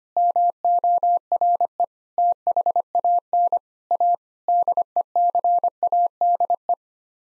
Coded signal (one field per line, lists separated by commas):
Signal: Morse code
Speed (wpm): 25 wpm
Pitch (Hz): 700 Hz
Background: none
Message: MORE THAN A DECADE